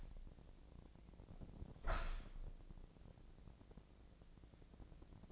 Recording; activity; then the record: daily activity, microphone in the room; open window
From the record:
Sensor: 5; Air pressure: 1012.4 hPa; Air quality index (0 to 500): 158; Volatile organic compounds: 2 ppm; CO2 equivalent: 1070 ppm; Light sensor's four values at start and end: 112/268/113/126 and 111/268/113/125